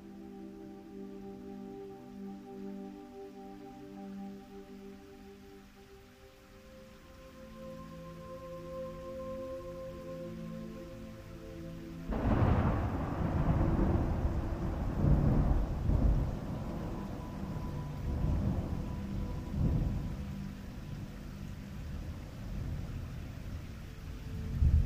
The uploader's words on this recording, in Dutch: Slaapmuziek met onweer en regen. Zachte klanken op de 1111Hz-frequentie. Met in de natuur opgenomen geluiden van onweer en zachte regen.